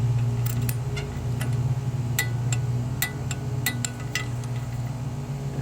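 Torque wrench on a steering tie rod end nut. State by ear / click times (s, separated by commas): torque reached / 3.8 s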